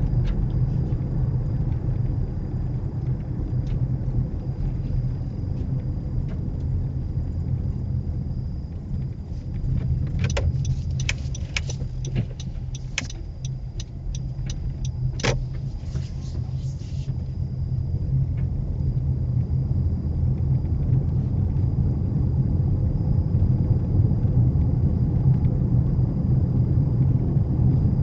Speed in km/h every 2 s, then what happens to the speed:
39, 35, 31, 23, 13, 6, 10, 15, 23, 29, 32, 34, 35, 35.
0-9 brakes to 6. 9-20 speeds up to 32. 20-28 steady at about 34.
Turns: 8-13.